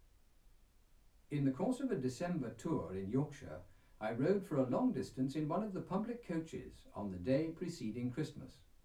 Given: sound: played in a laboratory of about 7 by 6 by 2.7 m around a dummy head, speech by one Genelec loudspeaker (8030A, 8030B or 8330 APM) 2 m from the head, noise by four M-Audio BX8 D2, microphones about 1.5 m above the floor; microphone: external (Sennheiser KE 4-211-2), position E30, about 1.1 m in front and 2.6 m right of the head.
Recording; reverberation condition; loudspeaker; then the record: male speech in English; low; behind (180 degrees)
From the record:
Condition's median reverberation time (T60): about 310 ms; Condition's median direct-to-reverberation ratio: about 3.5 dB